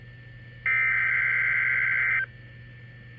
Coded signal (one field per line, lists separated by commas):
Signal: Emergency Alert System (SAME) tones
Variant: header bursts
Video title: Severe Thunderstorm Watch (EAS #1,528) 6/29/23